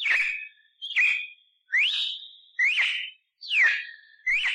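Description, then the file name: Red-cowled cardinal song: clear whistled notes, some rising and some falling sharply, given about once a second, with no other sounds. "Canto de Galo de campina"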